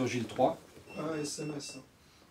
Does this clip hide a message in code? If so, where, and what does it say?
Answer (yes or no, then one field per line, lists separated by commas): no